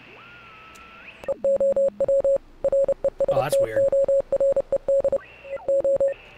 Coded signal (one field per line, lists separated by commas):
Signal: Morse code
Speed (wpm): 30 wpm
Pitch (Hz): 550 Hz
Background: none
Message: EOW RESTORED O